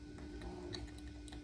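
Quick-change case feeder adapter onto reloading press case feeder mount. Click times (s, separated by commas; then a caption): 0.8 s. A plastic quick-change case feeder adapter is slid onto the case feeder mount of a Lee Loadmaster reloading press. Faint ticks and scrapes over a steady low hum lead to a sharp snap at 0.8 s, followed by a few lighter taps. The adapter is seated in place.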